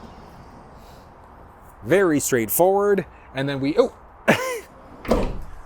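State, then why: Seated. Someone talks as the sliding side door of a 2023 Ford Transit van is pushed back along its track toward the open position. At 5.1 s the door locks open with a sharp, short click from its metal hold-open catch.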